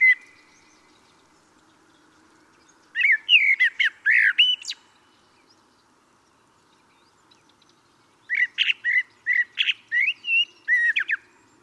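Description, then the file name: Common blackbird song in two bursts separated by a pause, each a run of fluted warbling notes mixed with sharp high twitters. "Turdus merula"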